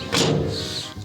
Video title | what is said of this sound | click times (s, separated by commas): Silverado Tailgate Won't Open - How to fix broken tailgate latch without tools | and the top snaps into place. | 0.1 s